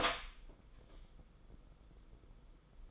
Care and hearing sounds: daily activity, microphone in the room; open door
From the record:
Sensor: 5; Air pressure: 990.6 hPa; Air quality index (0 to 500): 150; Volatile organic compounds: 159 ppm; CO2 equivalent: 4063 ppm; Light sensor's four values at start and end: 27/64/26/28 and 27/65/27/29

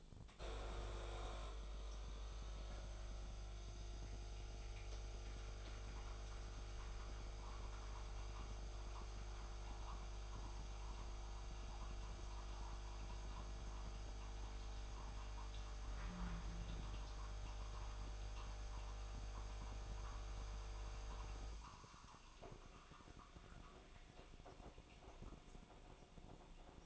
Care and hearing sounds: daily activity, microphone in the room; make coffee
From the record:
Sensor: 5

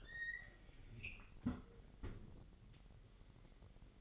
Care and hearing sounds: daily activity, microphone in the room; close fridge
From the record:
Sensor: 4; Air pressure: 1002.9 hPa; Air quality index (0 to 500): 248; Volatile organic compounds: 19 ppm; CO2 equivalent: 2654 ppm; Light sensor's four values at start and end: 4/9/3/4 and 4/9/3/4

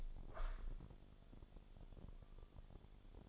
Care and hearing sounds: daily activity, microphone in the room; open window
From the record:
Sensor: 5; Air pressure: 1000.6 hPa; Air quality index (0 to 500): 150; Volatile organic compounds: 2 ppm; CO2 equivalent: 1149 ppm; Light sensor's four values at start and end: 39/91/38/41 and 39/91/38/41

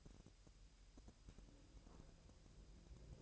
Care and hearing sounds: daily activity, microphone in the room; take from stove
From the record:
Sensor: 2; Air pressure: 1001.9 hPa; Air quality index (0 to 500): 243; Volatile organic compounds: 33 ppm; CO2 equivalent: 3018 ppm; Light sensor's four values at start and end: 5/11/4/5 and 5/11/4/5

